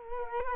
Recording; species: mosquito wingbeat signal from an infrared sensor; Culex quinquefasciatus